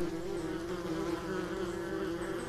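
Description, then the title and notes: Wasp buzzing, a low, even drone holding a constant pitch through the short stretch. Social wasps in Finland, a species group with at least 13 species there. "Viikon luontoääni: Ampiainen. Juha Laaksonen"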